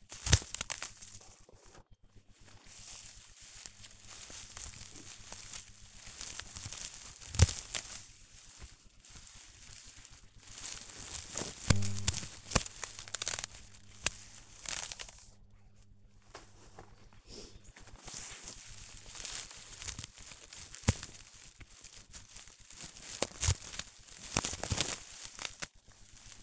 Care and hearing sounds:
household activities, microphone on the right wrist
0.00-26.43 s: cutting plants (near water)

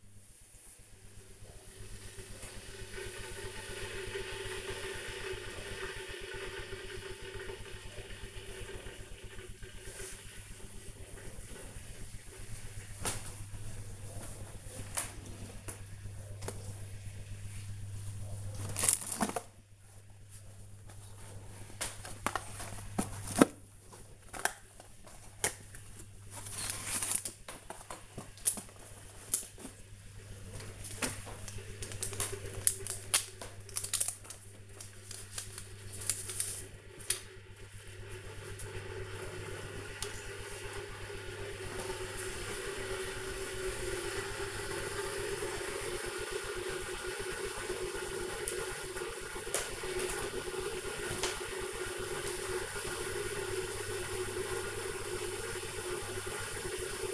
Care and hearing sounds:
household activities, microphone on the right wrist
0.00-57.14 s: making tea

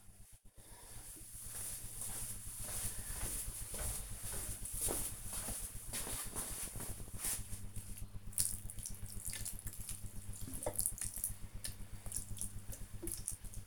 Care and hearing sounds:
household activities, microphone on the right wrist
0.00-13.67 s: watering plant

